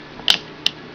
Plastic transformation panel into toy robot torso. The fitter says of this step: right here it slides and it snaps into place